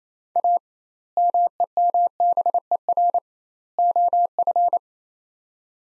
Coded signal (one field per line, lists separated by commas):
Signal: Morse code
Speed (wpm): 27 wpm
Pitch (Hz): 700 Hz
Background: none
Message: A MEMBER OF